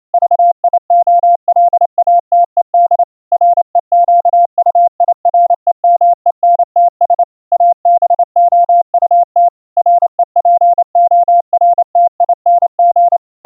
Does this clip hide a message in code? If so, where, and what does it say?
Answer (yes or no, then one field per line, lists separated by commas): yes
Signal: Morse code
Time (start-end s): 0.1-13.2 s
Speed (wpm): 27 wpm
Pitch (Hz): 700 Hz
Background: none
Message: VIOLATED REQUIREMENTS ABOUT REPORTING